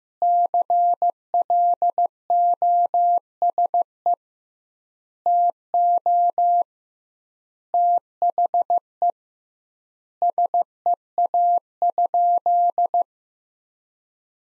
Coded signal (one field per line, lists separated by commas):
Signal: Morse code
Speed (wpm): 16 wpm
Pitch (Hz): 700 Hz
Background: none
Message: CLOSE TO THE SEA?